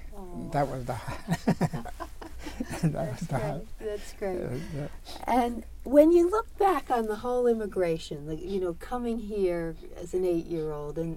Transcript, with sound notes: Oh.
That was the highlight. (Laughing) That was the highlight.
(laughing) that's great that's great. And when you look back on the whole immigration, you know coming here as an eight year old.